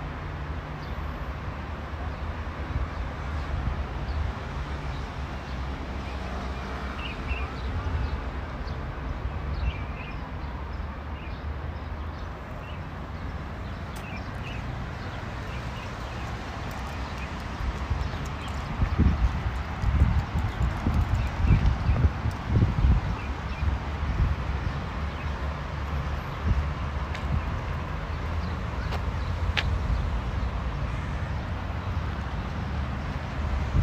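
A walk through Modiin, Israel, with a steady low rumble of traffic running throughout. Between about 19 and 24 seconds the rumble swells with louder, uneven thumps, and faint bits of voices and brief clicks surface now and then above the hum.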